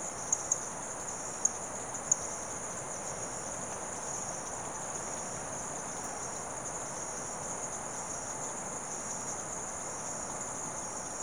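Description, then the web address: Insect chorus forming a continuous thin, high whine, with a few clicks near the start over a background hiss. Insects calling in the late evening in rural South America. "The BBC Sound Effects Library Rural South America Frogs And Insects, Late Evening"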